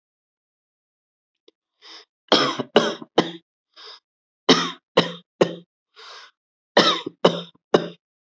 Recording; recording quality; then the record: heavy voluntary cough; excellent, no background noise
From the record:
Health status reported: healthy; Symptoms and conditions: none ticked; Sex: male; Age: 29 years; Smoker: not ticked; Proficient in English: yes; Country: India